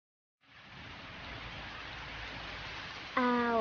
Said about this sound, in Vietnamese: Ào, trời mưa thật, đúng là cầu được ước thấy. Nhưng chỉ là cơn mưa phảng phất nhẹ